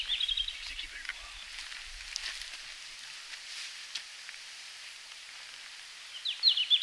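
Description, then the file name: Red-flanked bluetail giving two short, high warbled song phrases, one at the start and another at the end, separated by several seconds of quiet hiss. Recorded in Finland on 17 June 2019 at 17:00. "Robin à flancs roux-20190617-1700-Finlande"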